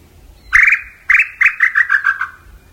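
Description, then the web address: Tataupa tinamou song: a few hoarse, slightly harsh notes that speed up into a quickening series, each note a little lower, fading at the end. "cantos tataupa"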